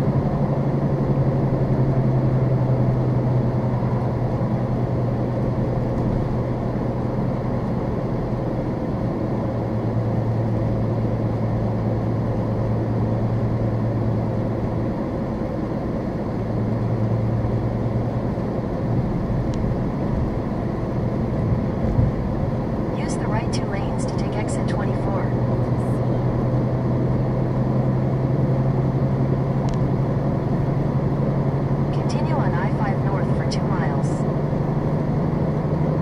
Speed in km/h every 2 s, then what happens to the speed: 81, 74, 71, 71, 68, 66, 64, 64, 66, 68, 68, 68, 69, 72, 76, 81, 82, 85.
0-4 slows to 71. 4-24 steady at about 68. 24-36 speeds up to 85.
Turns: none.